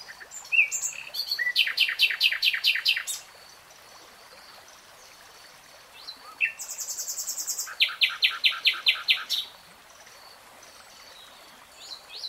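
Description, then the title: Nightingale song with two rapid repeated-note phrases, each about two seconds long, broken by a pause and a piercing high note cluster. Nightingale singing in real time. "[Tiếng chim hót] 3 Hours REALTIME Nightingale Singing"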